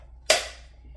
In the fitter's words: twist it until you hear it click